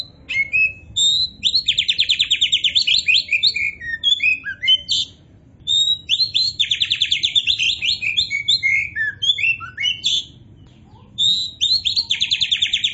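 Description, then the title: Oriental magpie-robin song: loud rapid rattling trills interwoven with high whistles and slurred notes, repeated in long energetic bursts. Oriental magpie-robin of the poci type in gacor form (steady, vigorous singing). "Kacer Poci Gacor"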